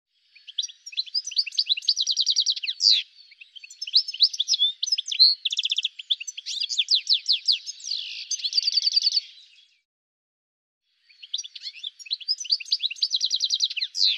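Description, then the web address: Bird song of rapid high chirps and buzzy trills in dense phrases, with a short pause before the bursts resume. "cianscape birddata"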